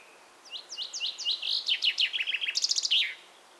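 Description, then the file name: Common chaffinch song, a single fast cascade of sweet notes dropping in pitch, quickening into a rattle and closing with an emphatic flourish. "Fringilla coelebs"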